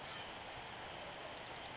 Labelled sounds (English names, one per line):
Pacific Wren